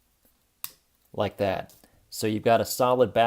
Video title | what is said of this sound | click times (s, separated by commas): Transformers The Last Knight Voyager Class SCORN | I'm just going to collapse that in and lock that backpack into place like | 0.6 s